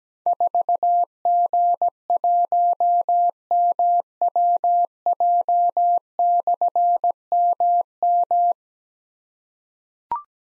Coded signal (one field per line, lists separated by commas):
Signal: Morse code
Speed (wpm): 17 wpm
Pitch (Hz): 700 Hz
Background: none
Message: 4G1MWJ/MM